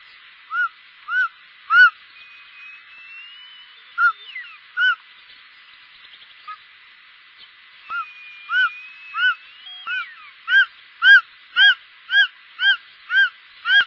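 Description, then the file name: Short-toed snake eagle calling with short ringing notes in uneven bursts, louder and more regular near the end, with a few soft gliding whistles between. "circaete jlb"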